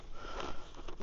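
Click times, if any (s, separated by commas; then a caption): none. A plastic tab on the liner of an LS2 Advant X helmet is lined up with a second small tab and pushed toward the helmet shell, with soft handling rustle and brief faint taps around 0.4, 0.9 and 1.0 seconds. The tab has not snapped in or seated yet when the clip ends.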